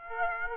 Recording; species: mosquito wingbeat signal from an infrared sensor; Aedes aegypti